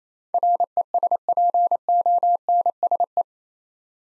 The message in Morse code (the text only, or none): RESPONSE